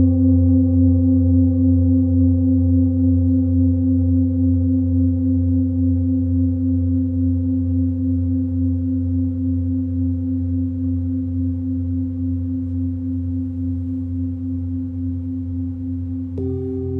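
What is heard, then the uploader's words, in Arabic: Tibetan and crystal singing bowls ring out in a long, steady drone of layered low and middle tones that slowly fade over about sixteen seconds. Near the end, a new bowl is struck, adding a fresh, brighter ring above the lingering hum. تقدّم عايشة رمضان في هذه الحلقة جلسة علاج بالصوت عبر استخدام تقنية أوعية الغناء التبتية والأوعية الكريستالية .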